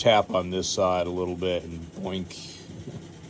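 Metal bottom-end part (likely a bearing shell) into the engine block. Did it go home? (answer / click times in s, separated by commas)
no / none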